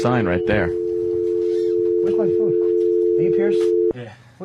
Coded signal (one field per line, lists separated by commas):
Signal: telephone call progress tone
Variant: North America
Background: speech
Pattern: dial tone